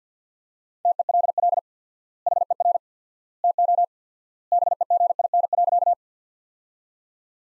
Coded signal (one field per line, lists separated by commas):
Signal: Morse code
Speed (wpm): 50 wpm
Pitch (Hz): 700 Hz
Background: none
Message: TELL HER TO BEGIN.